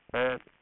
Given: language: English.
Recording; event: throat vibration sensor signal played as sound; speech